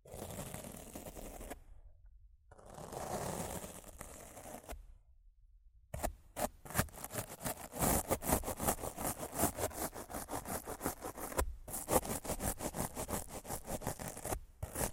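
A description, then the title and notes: Rough scratching and brushing against a microphone. The first six seconds hold two soft, swelling brush strokes separated by near-silent gaps. After that comes dense, fast, uneven scratching with sharp crackly bursts, dropping out briefly around eleven and a half seconds. ASMR Rough Mic Scratching & Brushing (No Talking).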